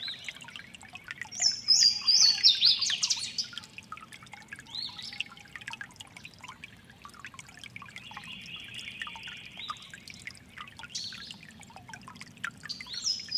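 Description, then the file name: Louisiana waterthrush song: clear slurred whistles then a descending jumbled twitter, with quieter phrases later, over steady creek water. Giant City Creek, March 29. "LAna Waterthrush Giant City Creek March 29 th"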